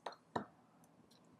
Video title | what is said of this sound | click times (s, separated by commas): The Robot Program 077 - Building with Shell-E Innovation Kit | we just click into place perfect | 0.1 s, 0.4 s